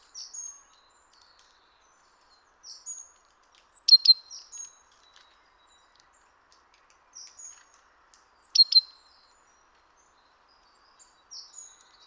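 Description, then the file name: Great tit calls: small clusters of thin, high notes with a few sharp downslurred strokes, the groups recurring every few seconds over an otherwise quiet background. "Parus major"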